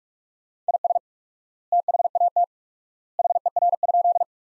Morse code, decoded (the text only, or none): IS THAT HER?